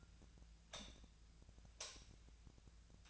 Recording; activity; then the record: daily activity, microphone in the room; light off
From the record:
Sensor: 2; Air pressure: 1009.7 hPa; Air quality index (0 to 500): 181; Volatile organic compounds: 11 ppm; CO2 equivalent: 2267 ppm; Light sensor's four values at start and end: 33/85/36/39 and 29/70/30/33